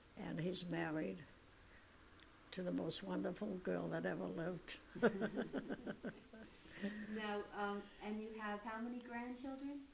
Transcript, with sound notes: and he's married to the most wonderful girl that ever lived. ( she laughs )
Now, and you have how many grandchildren?